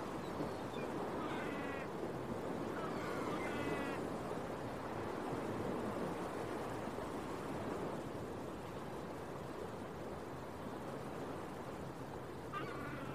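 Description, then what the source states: Gull cries in short harmonic bursts, two near the start and one at the end, over continuous rolling surf. Recorded at a beach early in the morning with waves.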